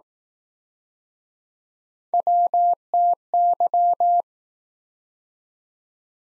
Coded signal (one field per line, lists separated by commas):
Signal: Morse code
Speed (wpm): 21 wpm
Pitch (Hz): 700 Hz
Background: none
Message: WTY